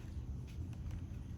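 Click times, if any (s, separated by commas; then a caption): none. A plastic Gladiator grille insert is pushed firmly into one side of the multi-piece front grille of a Jeep JL Wrangler. A steady low rumble runs throughout, with two faint brief knocks of handling at about 0.7 and 0.9 seconds. The insert is only being handled, and nothing has seated or snapped into place yet.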